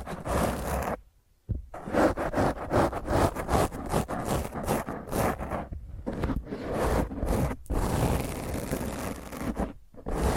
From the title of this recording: Intense Rough Mic Scratch using HandNails